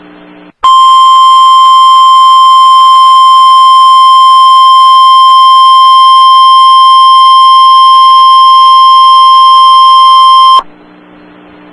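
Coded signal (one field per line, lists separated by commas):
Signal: Emergency Alert System (SAME) tones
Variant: 1050 Hz attention tone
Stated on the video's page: Real tornado emergency severe weather statement for parts of the Oklahoma City area, with a live voice.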